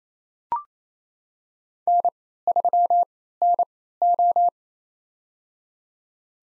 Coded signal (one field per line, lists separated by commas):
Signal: Morse code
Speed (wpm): 28 wpm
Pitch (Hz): 700 Hz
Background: none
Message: N3NO